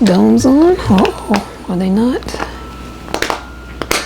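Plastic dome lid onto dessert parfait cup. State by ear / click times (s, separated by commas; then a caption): seated / 3.8 s, 3.9 s. A clear plastic dome lid is pressed onto a plastic dessert parfait cup while someone talks. A few small plastic clicks are heard around 3.1 to 3.3 s, then the lid snaps home with two sharp snaps at 3.8 s and 3.9 s, seating it on the cup.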